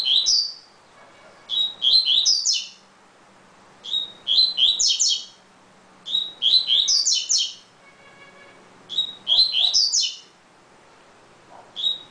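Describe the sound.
Double-collared seedeater song: short bright phrases of rapid high whistled and buzzy notes, a clear opening note then tumbling chirps, repeated about every two to three seconds.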